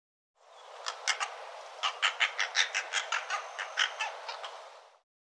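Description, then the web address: Bird giving a quick series of rasping, rattling notes, about three per second, for several seconds. "cianscape birddata Deverinetal 2025 File cleaned normalized Bird"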